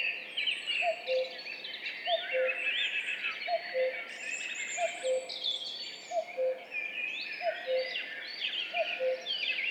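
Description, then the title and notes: Common cuckoo's two-note call, a higher note dropping to a lower one, repeated several times at a regular rhythm amid a lively chorus of high songbird phrases. Duet of two common cuckoos at dawn, 5:20, 14 May 2019, in spring, Val Maravel; recorded in stereo with a MixPre-3 recorder and MKH8020 microphones. "Duo de coucou. 14 mai 2019-Piste aux espagnols - Val Maravel - 5h20. un mémorable duo de deux coucous gris"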